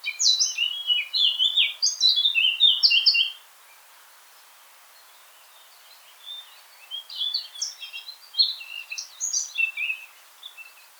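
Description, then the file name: Eurasian blackcap warbling for about three seconds, a pause, then a second quieter phrase of mixed chirps and whistles. "Sylvia atricapilla"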